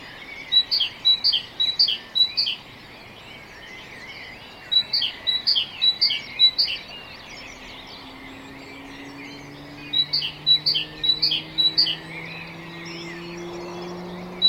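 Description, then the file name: Great tit song: bright two-note see-saw phrases repeated several times in each of three bouts, separated by pauses of a few seconds, over a faint low droning hum. "Parus major"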